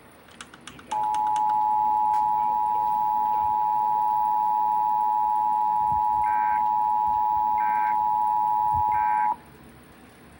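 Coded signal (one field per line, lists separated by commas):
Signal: Emergency Alert System (SAME) tones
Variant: 853 and 960 Hz attention tone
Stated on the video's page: Child abduction emergency alert expanded from Virginia, later cancelled.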